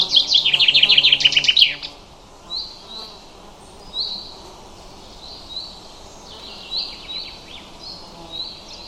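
Bird song: a dense, rapid chirping trill for nearly two seconds, then quiet, short notes scattered in the background.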